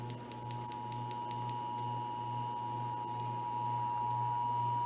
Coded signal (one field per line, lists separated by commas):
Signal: Emergency Alert System (SAME) tones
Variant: 853 and 960 Hz attention tone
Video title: (EAS #86-88) November 2021 Texas Required Monthly Test (WBAP-AM, KSCS-FM and KTVT-TV)